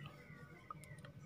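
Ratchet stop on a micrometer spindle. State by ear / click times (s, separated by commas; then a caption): torque reached / 0.7 s, 0.8 s, 1.0 s. The metal ratchet stop knob on a micrometer's thimble is turned to tighten the spindle until it slips, giving short tick-like clicks at 0.7 s, 0.8 s and 1.1 s over a low steady hum. The ratchet reaches its set torque and clicks as it slips.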